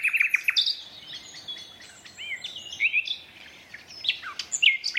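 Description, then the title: Common nightingale song of short sharp repeated notes, then scattered liquid chirps and slurred whistles. Two competing males in a duet at dusk, north Dorset woodland in a dense thorn thicket; one starts singing, a second male moves closer; dusk chorus. "Sound Escape 119: An astonishing nightingale duet in a Dorset woodland"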